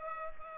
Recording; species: mosquito wingbeat signal from an infrared sensor; Culex pipiens